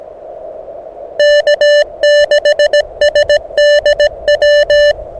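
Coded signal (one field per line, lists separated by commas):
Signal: Morse code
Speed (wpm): 17 wpm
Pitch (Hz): 590 Hz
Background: none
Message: K6SDW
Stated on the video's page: Beginner CW SOTA activation on 40 m and 30 m with an HF antenna on the summit, under bad QSB.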